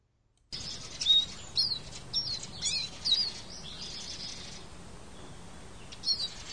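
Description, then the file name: Eurasian siskin calls: high, slurred chirps and twitters packed into the first half, then quieter, with a last short chirp near the close. "Lucherino"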